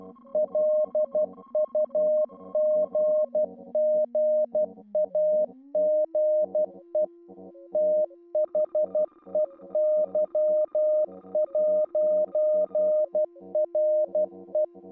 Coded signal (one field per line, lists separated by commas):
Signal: Morse code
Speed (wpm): 12 wpm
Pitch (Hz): 610 Hz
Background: music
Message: LUGGAGE THEY'RE